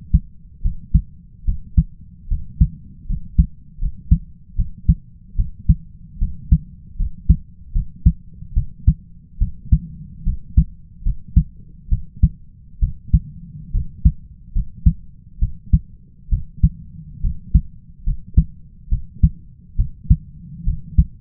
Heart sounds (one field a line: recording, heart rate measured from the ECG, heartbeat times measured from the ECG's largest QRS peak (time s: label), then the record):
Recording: heart sounds by stethoscope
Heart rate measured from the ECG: 72 bpm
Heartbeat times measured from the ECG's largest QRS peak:
0.62 s: heartbeat
1.45 s: heartbeat
2.28 s: heartbeat
3.06 s: heartbeat
3.79 s: heartbeat
4.56 s: heartbeat
5.36 s: heartbeat
6.19 s: heartbeat
6.96 s: heartbeat
7.72 s: heartbeat
8.54 s: heartbeat
9.38 s: heartbeat
10.24 s: heartbeat
11.03 s: heartbeat
11.89 s: heartbeat
12.80 s: heartbeat
13.72 s: heartbeat
14.53 s: heartbeat
15.39 s: heartbeat
16.29 s: heartbeat
17.21 s: heartbeat
18.04 s: heartbeat
18.89 s: heartbeat
19.76 s: heartbeat
20.64 s: heartbeat
From the record:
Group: healthy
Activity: cold pressor test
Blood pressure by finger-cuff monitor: 139/83 mmHg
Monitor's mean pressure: 96 mmHg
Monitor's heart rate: 72 bpm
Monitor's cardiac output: 5.3 L/min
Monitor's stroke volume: 72 mL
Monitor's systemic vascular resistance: 1320 dyn s/cm5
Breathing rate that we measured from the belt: 17 breaths a minute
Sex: male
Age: 20 years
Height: 167 cm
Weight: 61 kg